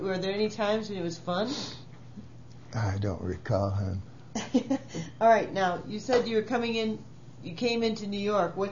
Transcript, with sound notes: Were there any times when it was fun?
I don't recall.
(laughs) Alright now, you said you were coming in -you came—into New York.